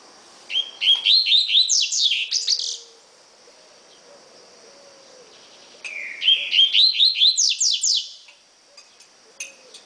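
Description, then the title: Double-collared seedeater song: two phrases of bright, slurred whistles climbing into rapid buzzy downsweeps, each about two seconds long, with a steady high hiss throughout. "Canto Coleiro"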